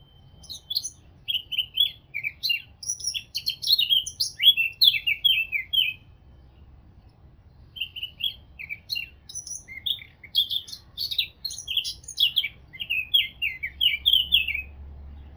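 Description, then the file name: Eurasian blackcap song: two bouts of quick, varied warbling notes separated by a short pause. "Sylvia atricapilla"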